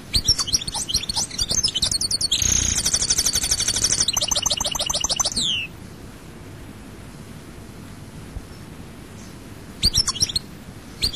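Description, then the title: European goldfinch song: tinkling twitters leading into a dense trill and a rattling series that slurs downward, followed by a long pause and a brief twitter. "Chant Chardonneret"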